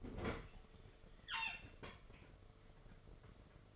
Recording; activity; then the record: daily activity, microphone in the room; open fridge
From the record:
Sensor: 4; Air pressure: 1015.9 hPa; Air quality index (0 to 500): 196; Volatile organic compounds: 10 ppm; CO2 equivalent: 2258 ppm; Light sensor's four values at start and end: 18/42/18/19 and 13/30/13/14